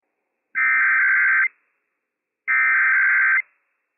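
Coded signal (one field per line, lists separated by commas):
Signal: Emergency Alert System (SAME) tones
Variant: header bursts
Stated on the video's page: Operational EAS tones of a Required Weekly Test from the Washington State EOC, received from weather radio station WXL48.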